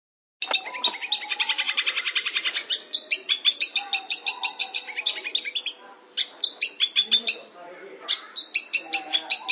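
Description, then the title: Long-tailed shrike song, a fast run of rapid repeated chattering notes, then broken bursts of varied sharp notes. "Cendet Pentet"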